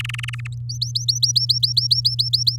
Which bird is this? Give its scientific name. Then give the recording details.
Serinus canaria. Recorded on 10 May 2018 at 05:47. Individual llb16